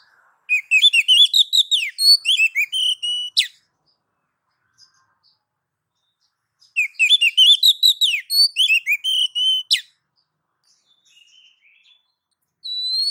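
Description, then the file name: Oriental magpie-robin calling: two long bursts of varied whistled notes and chirps, then a high whistle at the close. Female calling the male. "Suara Kicau Burung Kacer Betina Memanggil Jantan"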